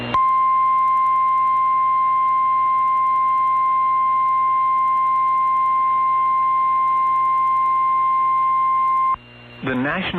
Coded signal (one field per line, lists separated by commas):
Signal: Emergency Alert System (SAME) tones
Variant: 1050 Hz attention tone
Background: speech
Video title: HOORAY FOR MORE BACKLOGGED ALERTS! | EAS Alerts from 6/8/2022 (EAS #1341-1345)